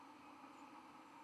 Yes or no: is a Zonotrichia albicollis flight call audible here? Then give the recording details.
no. Another species' flight call is heard. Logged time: 01:17 on 12 November 2014